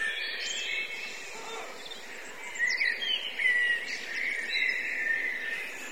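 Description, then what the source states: Blackbird flock chatter, dense and unbroken, with scattered clearer whistles and a few rising squeaks among the mass of notes. Several blackbirds; recorded from line in, with overruns.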